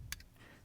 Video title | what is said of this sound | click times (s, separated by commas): 2012 - 2016 Chevrolet Sonic GM Factory Fog Lights Option Unboxing, Installation & BCM Programming | snaps right in pop him in | 0.1 s